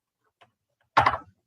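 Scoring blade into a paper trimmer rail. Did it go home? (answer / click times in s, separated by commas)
no / none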